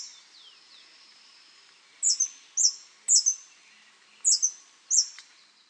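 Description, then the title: Scale-throated hermit calls: high, thin squeaky chips, single or paired, repeated at irregular intervals over a steady hiss. Nominate subspecies Phaethornis eurynome eurynome. "LuckyPassaro Completos2Sama. Scale-throated Hermit (Phaethornis eurynome eurynome)"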